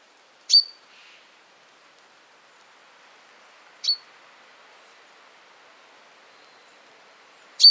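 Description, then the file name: Common chaffinch calls, three short sharp high notes a few seconds apart, with near silence between them. "Fringilla coelebs"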